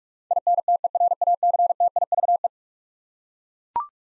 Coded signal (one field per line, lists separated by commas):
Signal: Morse code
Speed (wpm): 41 wpm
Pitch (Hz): 700 Hz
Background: none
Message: INTERACTIVE